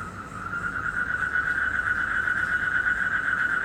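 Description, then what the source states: Frog calling in a steady, continuous pulsing trill with no breaks, over faint low background noise. Recorded in Indonesia in 2012 during travels.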